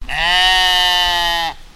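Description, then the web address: Goat bleating, one steady nasal bleat lasting about a second and a half with a rich, buzzy tone, ending abruptly. "scott in a pot track goat"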